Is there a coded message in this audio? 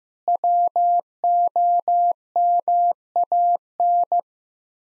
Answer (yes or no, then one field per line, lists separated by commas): yes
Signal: Morse code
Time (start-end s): 0.3-4.2 s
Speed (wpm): 15 wpm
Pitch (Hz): 700 Hz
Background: none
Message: WOMAN